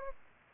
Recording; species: mosquito wingbeat signal from an infrared sensor; Aedes albopictus